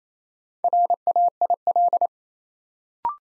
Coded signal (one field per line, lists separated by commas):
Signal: Morse code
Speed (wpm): 27 wpm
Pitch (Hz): 700 Hz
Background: none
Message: RAIL